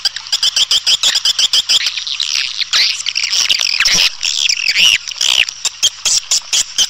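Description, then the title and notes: Swiftlet calls as fast repeated high chirps merging into buzzy twittering, over a faint low hum. Swiftlet lure sound used in bird farming in Asia. "Swiflet Bird Sound. Farming Swiflet Bird asia sound"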